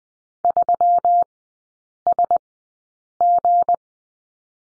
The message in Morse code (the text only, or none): 3SG